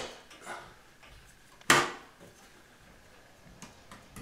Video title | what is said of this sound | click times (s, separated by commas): How To Fix a Ceased Washroom Fan Quickly and Easily (DIY Fix in 30 mins ) | after the fan is snapped back in place, I'll just plug it right back in now. | 1.7 s